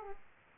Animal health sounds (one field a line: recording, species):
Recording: mosquito wingbeat signal from an infrared sensor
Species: Aedes aegypti